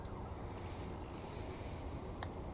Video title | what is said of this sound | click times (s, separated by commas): 1/35 Tiger II Build part 6 | fits in there with a nice little click. | 2.2 s